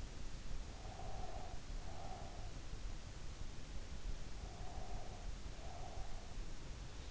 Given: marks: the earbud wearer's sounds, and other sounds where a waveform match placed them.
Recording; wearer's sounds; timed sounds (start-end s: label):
sounds in sleep by an in-ear microphone; breath
0.73-2.63 s: breath
4.41-6.45 s: breath